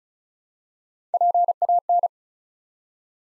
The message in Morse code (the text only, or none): PAN